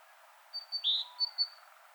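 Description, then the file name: Great tit calls: a few thin, high, short notes and one slightly lower, stronger note within about a second, over faint background hiss. "Parus major"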